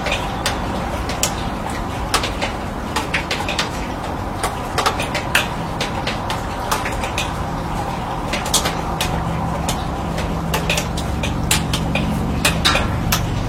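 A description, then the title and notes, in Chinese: Rain drips onto a steel canopy, with sharp, bright taps landing irregularly every fraction of a second across the whole stretch. Beneath them runs a steady, dense low rumble and hiss that barely changes, with a faint hum entering in the second half. 乡村晨雨【一小时纯音】- 在迷雾中被雨水唤醒的清晨、倾听远方鸟鸣。雨水滴落在钢铁顶棚。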